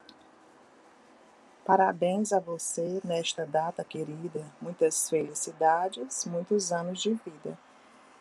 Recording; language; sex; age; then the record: short text; Brazilian Portuguese; female; 60 to 69 years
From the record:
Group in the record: control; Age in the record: 61 years